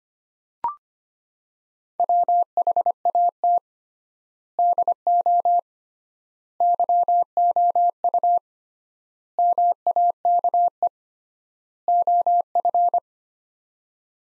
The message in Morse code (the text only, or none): WHAT DO YOU MAKE OF